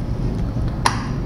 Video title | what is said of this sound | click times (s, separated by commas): ZONTES 400G ADV/Quick Review/JMotors Tv | pag narinig niy na-click automatic yan naka-open na yan pwede niyo galawin yung manubela then | 0.9 s